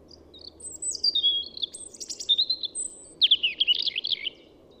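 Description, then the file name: European robin delivering a lively run of high sliding whistles and tinkling warbles, then a fast scratchy twitter, all above a faint low drone. "Erithacus rubecula"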